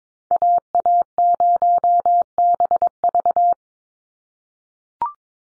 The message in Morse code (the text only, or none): AA0BV